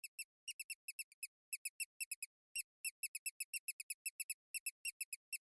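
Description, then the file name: Rodent squeaks: a rapid series of many short, thin, high-pitched chirps arriving in uneven bursts with brief gaps, otherwise silent. Squeaks of a mouse, rat or other rodent. "animal mouse rat or other rodent squeaks"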